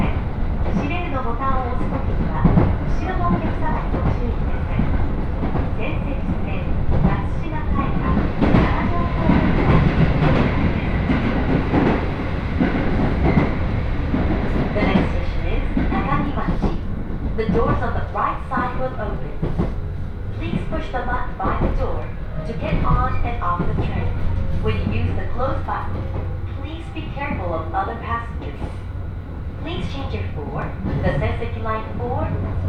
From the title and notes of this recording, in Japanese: 仙石東北ライン快速 石巻→高城町。帰りは仙石東北ラインの快速に乗ります。ハイブリッド気動車HB-E210系。４両編成。